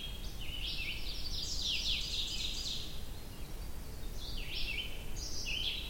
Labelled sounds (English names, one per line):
Ovenbird song